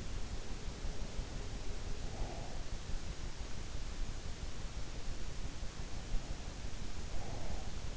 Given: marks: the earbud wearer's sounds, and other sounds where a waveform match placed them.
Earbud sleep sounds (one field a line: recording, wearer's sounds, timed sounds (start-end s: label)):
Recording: sounds in sleep by an in-ear microphone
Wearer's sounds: breath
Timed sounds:
1.87-3.07 s: breath
6.06-7.97 s: breath